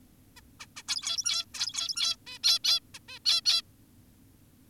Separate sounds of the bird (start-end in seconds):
0.37-0.41, 0.60-0.66, 0.77-0.83, 0.88-1.45, 1.54-2.16, 2.27-2.39, 2.44-2.59, 2.64-2.80, 2.94-2.99, 3.08-3.19, 3.26-3.41, 3.46-3.62